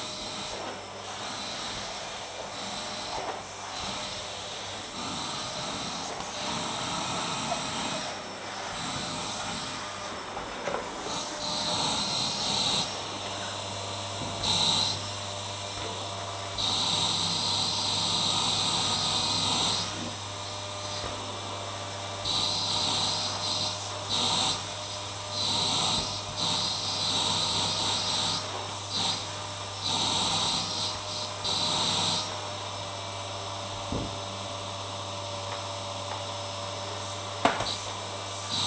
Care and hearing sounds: daily activity, microphone in the room; vacuum cleaning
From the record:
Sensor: 3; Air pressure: 1009.5 hPa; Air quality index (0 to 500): 196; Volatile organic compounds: 16 ppm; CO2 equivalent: 2548 ppm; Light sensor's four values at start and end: 35/88/38/40 and 33/81/35/37

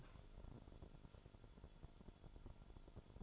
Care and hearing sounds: daily activity, microphone in the room; take from stove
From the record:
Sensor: 5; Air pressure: 1008.1 hPa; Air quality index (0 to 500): 112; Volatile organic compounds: 1 ppm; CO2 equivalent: 868 ppm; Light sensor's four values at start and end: 28/58/25/26 and 27/57/25/25

